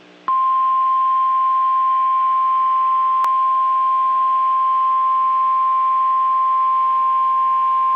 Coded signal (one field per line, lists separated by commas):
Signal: Emergency Alert System (SAME) tones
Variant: 1050 Hz attention tone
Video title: Dallas/Fort Worth’s turn | 4/4/22 - Severe Thunderstorm Warning on KEC55 (EAS #413)